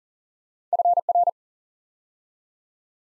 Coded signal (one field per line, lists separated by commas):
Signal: Morse code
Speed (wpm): 42 wpm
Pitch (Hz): 700 Hz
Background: none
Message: FR